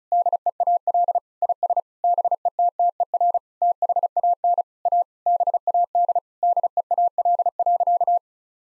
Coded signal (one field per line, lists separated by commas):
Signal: Morse code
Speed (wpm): 34 wpm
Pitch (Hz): 700 Hz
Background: none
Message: DEAL IS BETTER THAN A BAD DEAL.